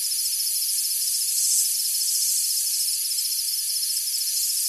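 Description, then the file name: Insect night chorus of steady high shrill buzzing and fast rhythmic pulsing, with faint soft lower ticks scattered underneath. Insects on a tropical summer night. "zapsplat animals insects night summer tropical eq layer for low level background"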